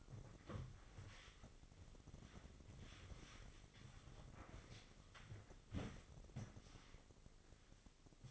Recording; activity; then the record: daily activity, microphone in the room; wipe stove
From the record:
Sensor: 4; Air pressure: 996.8 hPa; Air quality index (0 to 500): 90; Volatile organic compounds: 5 ppm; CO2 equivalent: 1751 ppm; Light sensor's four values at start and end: 17/48/18/20 and 19/53/20/22